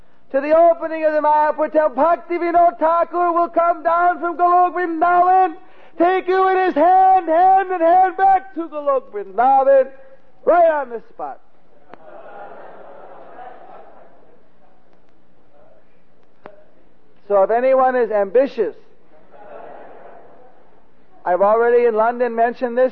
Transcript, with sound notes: to the opening of the Mayapur temple Bhaktivinod Thakur will come down from Golok Vrindavan, take you in his hand and head back to Golok Vrindavan right on the spot!" (Laughter) ..So if anyone is ambitious I’ve already in London mentioned this.